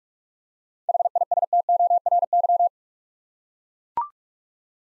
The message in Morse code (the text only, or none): HISTORY